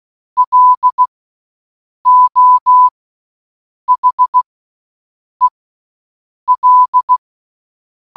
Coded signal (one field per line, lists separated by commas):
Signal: Morse code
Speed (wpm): 16 wpm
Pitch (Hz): 1000 Hz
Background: none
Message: LO HEL